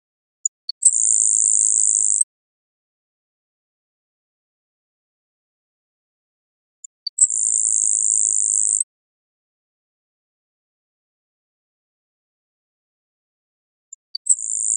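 Grasshopper sparrow repeating its song roughly every six to seven seconds, each a couple of soft ticks followed by a thin, high, hissing buzz.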